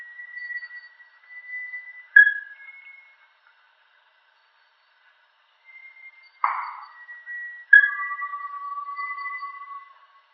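Bartlett's tinamou giving long, steady whistles near one pitch, with a lower drawn-out whistle and a few short sharp notes breaking in; quiet gaps between phrases.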